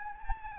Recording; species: mosquito wingbeat signal from an infrared sensor; Anopheles gambiae